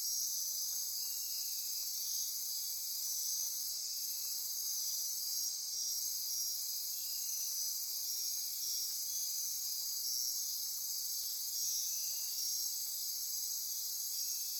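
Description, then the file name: Insect chorus of many overlapping high, ringing trills forming a constant shimmering wall of sound, plus a few faint lower pulsed calls. Insect chorus recorded at midnight near Corcovado. "Wind-is-the-Original-Radio-Fridays 20240628 Andy-Martin Midnight-Insect-Chorus-Near-Corcovado"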